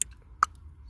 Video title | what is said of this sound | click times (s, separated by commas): How to replace a fan resistor. Vauxhall Corsa D | click that into place then it's just a case of putting it back in the hole it came from | 0.0 s, 0.4 s